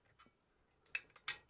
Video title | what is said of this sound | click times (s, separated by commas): be quiet! Pure Rock 3 Showcase - Cool and Quiet | That'll snap right in just like that. | 1.0 s, 1.3 s